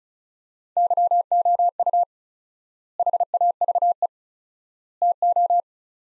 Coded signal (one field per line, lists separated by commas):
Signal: Morse code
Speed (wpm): 34 wpm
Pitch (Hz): 700 Hz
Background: none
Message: YOU HAVE TO